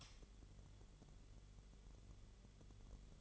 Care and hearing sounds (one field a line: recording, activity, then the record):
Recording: daily activity, microphone in the room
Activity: light on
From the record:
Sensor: 4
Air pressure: 1008.7 hPa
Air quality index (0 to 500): 93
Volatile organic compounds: 1 ppm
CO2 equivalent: 701 ppm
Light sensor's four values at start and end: 11/25/10/9 and 12/28/11/10